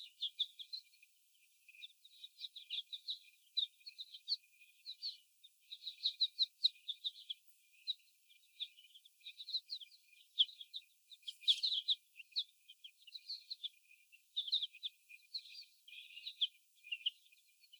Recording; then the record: young laying hens in a cage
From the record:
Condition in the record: before the stressor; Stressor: sudden umbrella opening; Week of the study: 1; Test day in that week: 1